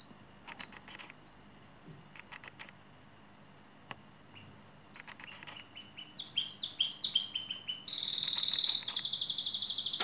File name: canto do canario lizard